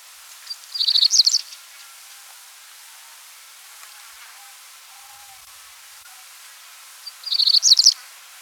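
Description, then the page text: Cinnamon-breasted Bunting song: two brief, rapid phrases of high, scratchy chirps, about six seconds apart, separated by quiet background hiss. "Cinnamon-Breasted Bunting Song. Quick Sounds"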